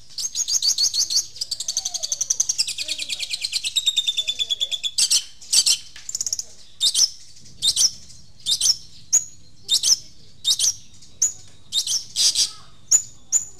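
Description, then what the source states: Long-tailed shrike song: a rapid, chattering stream of harsh notes breaking into spaced, sharp calls and brief whistles. Long-tailed shrike, known locally as cendet, singing in the song style called "super tembak".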